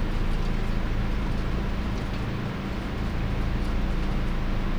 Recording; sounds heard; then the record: poultry house recording; no chicken sound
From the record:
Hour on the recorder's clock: 21